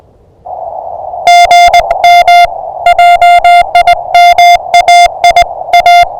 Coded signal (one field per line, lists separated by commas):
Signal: Morse code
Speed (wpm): 21 wpm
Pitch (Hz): 660 Hz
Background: music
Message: GM JIM AI A